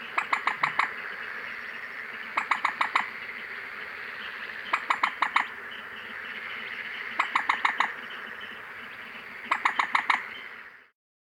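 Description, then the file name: Common moorhen calls, short rattling series of hard kek notes repeated about every two and a half seconds against steady background noise. "teichhuhn"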